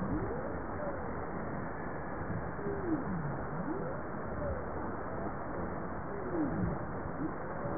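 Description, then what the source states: Bowhead whale moans: several faint low upsweeps and downsweeps curving through dense underwater noise. Recorded 25 April 1988.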